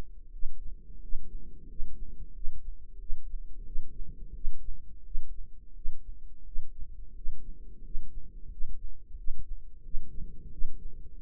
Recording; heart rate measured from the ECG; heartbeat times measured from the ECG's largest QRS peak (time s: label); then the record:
heart sounds by microphone in the right ear; 88 bpm
0.29 s: heartbeat
0.98 s: heartbeat
1.65 s: heartbeat
2.31 s: heartbeat
2.97 s: heartbeat
3.63 s: heartbeat
4.32 s: heartbeat
5.02 s: heartbeat
5.72 s: heartbeat
6.42 s: heartbeat
7.12 s: heartbeat
7.80 s: heartbeat
8.48 s: heartbeat
9.14 s: heartbeat
9.81 s: heartbeat
10.49 s: heartbeat
11.16 s: heartbeat
From the record:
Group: healthy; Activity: rest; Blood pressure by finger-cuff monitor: 121/82 mmHg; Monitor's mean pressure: 93 mmHg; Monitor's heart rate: 88 bpm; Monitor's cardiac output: 7.1 L/min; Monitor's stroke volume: 81 mL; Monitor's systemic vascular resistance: 970 dyn s/cm5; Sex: male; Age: 33 years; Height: 179 cm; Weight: 80.4 kg